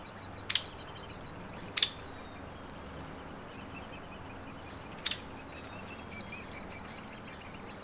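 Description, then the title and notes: Hairy woodpecker sharp peek calls, three loud single notes spaced irregularly, over a steady high chattering of young birds throughout. Nestlings and adults; trail across from Frazer Point, Schoodic division, Acadia National Park; 26 June 2017, 06:17; Fostex FR2 with Sennheiser ME 64. "Hairy Woodpeckers, nestlings and adults no name trail across from Frazer Point Schoodic division, Acadia National Park"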